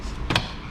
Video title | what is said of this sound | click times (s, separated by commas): Nissan rogue left front axle replacement | you will hear it lock into place like that so that's what you want to just | 0.3 s, 0.4 s